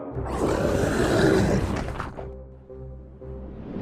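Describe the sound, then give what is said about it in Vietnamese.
A loud, rough roar bursts out with a thick, noisy rumble for about two seconds, then settles into a lower, steadier droning growl that lingers to the end. “Ngay theo đó, một tiếng gầm lên vang dội cả không gian.”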